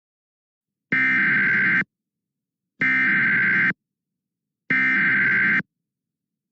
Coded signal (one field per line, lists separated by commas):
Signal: Emergency Alert System (SAME) tones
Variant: header bursts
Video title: EAS || Flash Flood Emergency in Wheeling, WV